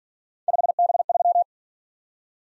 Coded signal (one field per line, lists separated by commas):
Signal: Morse code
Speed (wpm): 46 wpm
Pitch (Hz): 700 Hz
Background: none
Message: 5B3